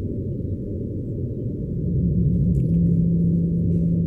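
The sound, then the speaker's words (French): A song of a pygmy blue whale from Madagascar: a deep, sustained low-pitched moan that rises into a steady droning tone over a heavy rumbling underwater background, with no voices. “Voilà, la baleine bleue pygmée de Madagascar.”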